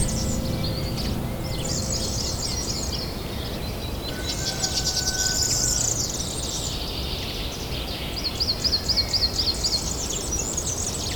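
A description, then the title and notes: Nature sounds: birds chirp and trill high overhead through the whole clip, with a fast, evenly repeated run of notes near the end. Underneath runs a steady low rumble, and a brief held tone appears around the middle. Relaxing Nature Sounds with Piano.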